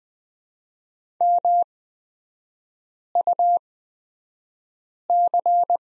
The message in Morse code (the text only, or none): MUC